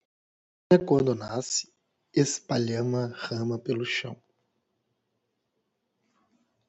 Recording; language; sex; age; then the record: short text; Brazilian Portuguese; male; 20 to 29 years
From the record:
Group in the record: control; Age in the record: 29 years